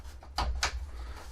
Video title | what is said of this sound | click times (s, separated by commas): Fright Zone playset from the 80's He-Man and the Masters of the Universe Review | and then clicks into place | 0.6 s